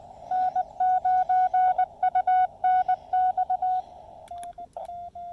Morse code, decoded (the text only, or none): N9UNX